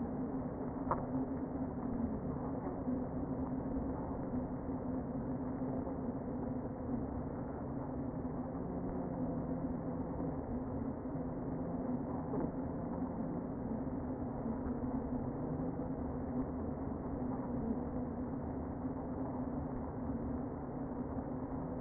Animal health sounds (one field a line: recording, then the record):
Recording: honeybee colony, microphone inside the hive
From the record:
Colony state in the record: queen present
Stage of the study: before two queens were removed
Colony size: about 60,000 bees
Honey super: yes